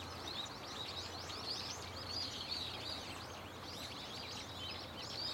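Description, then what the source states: Birds in a loud chorus of overlapping high chirps and short whistles, never pausing, with a low steady hum beneath. Loud, nonstop chirping and singing of many birds in a tetrapod breakwater belt and its trees; recorded with microphone and camera.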